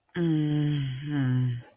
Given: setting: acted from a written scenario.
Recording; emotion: vocal sound without words; sympathy